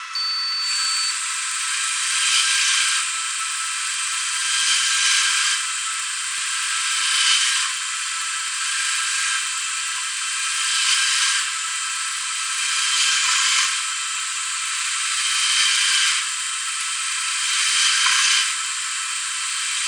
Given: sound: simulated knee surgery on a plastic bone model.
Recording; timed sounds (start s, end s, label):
surgical tools on bone
2.27	2.95	drilling into bone
4.72	5.49	drilling into bone
6.88	7.56	drilling into bone
8.77	9.41	drilling into bone
10.75	11.39	drilling into bone
12.86	13.70	drilling into bone
15.26	16.13	drilling into bone
17.55	18.48	drilling into bone